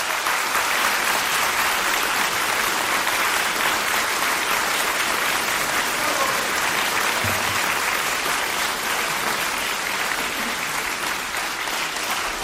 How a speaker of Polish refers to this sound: a koncert oczywiście i Państwa oklaski, to wszystko się nagrywa i być może jeszcze kiedyś użyjemy tego w radiu, także też proszę mieć to na uwadze.